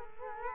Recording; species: mosquito wingbeat signal from an infrared sensor; Culex quinquefasciatus